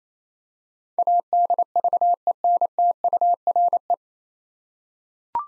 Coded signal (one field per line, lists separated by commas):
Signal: Morse code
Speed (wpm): 28 wpm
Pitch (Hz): 700 Hz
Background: none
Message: ADVENTURE